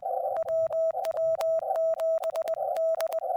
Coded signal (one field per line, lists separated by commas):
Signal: Morse code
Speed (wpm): 20 wpm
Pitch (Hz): 650 Hz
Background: none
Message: WW7D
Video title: NEW Tiny Paddle Adapter for the QMX!